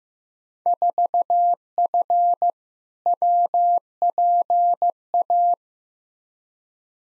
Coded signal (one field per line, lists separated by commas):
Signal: Morse code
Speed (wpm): 16 wpm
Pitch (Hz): 700 Hz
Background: none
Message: 4F WPA